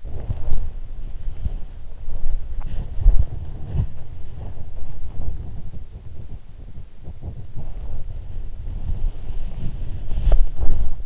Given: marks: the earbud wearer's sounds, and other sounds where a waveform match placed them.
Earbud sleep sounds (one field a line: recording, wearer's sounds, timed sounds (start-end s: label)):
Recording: sounds in sleep by an in-ear microphone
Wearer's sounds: body movement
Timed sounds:
0.00-11.06 s: body movement